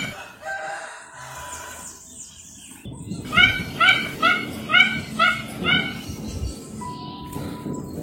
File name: canto do pato mandarim